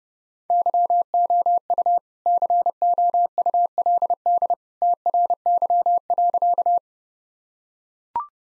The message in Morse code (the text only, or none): YOU COULD TRY.